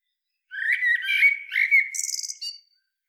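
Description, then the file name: Common blackbird song: one fluty, warbled phrase lasting about two seconds, ending in a high, squeaky twitter, with silence around it. "Turdus merula"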